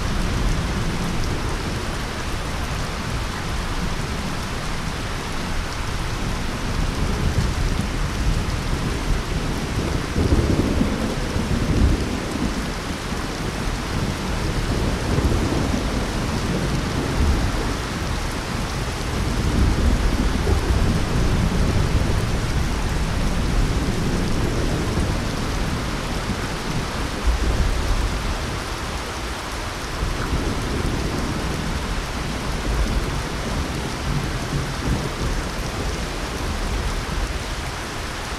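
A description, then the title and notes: Heavy rain pours steadily on a garden house, a dense, even hiss filling the whole recording. Deep rolls of thunder swell and fade underneath, rumbling strongest around the ten, twenty and thirty-second marks before settling back into the constant downpour. Strong Rain & Powerful Thunder Sounds on Garden House at Ni.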